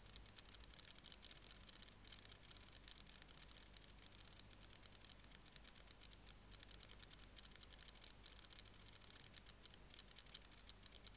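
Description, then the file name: White-faced bush-cricket song, a dense run of rapid, high dry ticks continuing throughout with only brief momentary breaks. "Decticus albifrons"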